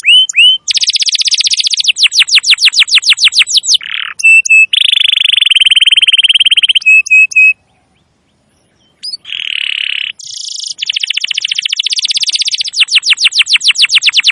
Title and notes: Pikat Kenari GACOR PANJANG INI Cocok Untuk Masteran KENARI LIAR. Masteran burung kenari gacor parah